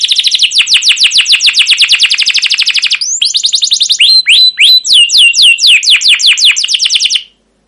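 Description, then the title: Canary singing a long, fast trill of sharp chirps, followed by a series of downward-slurred whistled notes. Long, lively canary song used as a lure recording to train and tutor young caged canaries. "CUIT CUIT NGEROL LANGSUNG GACOR PANJANG Kenari Ini AMPUH Utk Pancingan KENAR"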